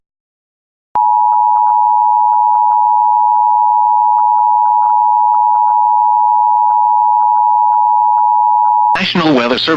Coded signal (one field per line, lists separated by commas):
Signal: Emergency Alert System (SAME) tones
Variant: 853 and 960 Hz attention tone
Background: speech